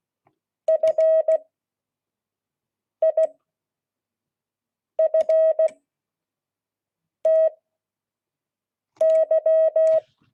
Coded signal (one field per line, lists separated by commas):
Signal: Morse code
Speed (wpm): 16 wpm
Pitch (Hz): 640 Hz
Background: none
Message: FIFTY